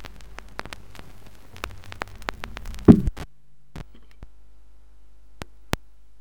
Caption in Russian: Еще один вариант грубого шума трения плевры.